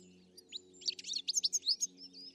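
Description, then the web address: Bird calls, a brief string of sharp high chirps quickening into a rapid twitter, over a soft steady hum. "Deverinetal. Bird Only"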